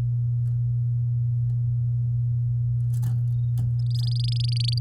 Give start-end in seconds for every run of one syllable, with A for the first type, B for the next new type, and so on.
3.86-4.79 A